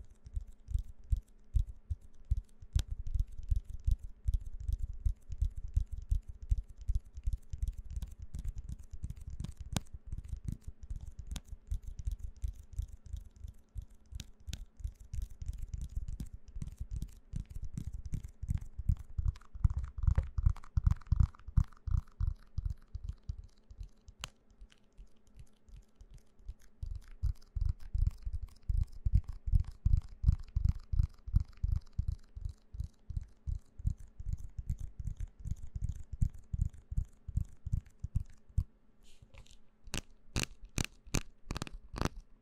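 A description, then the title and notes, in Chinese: Bottles and jars are knocked, tapped and scratched in a quick, uneven stream of small hits with dull low thumps over a faint steady hum. The tapping briefly thins near the middle, and a few sharper, brighter clinks land at the end. 瓶瓶罐罐的撞擊.敲擊.抓撓。無人聲。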